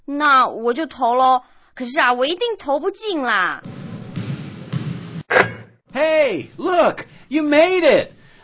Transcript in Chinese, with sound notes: 那我就投喽！可是我一定投不进啦！
(Sound of basketball into the basket) Hey, look, you made it!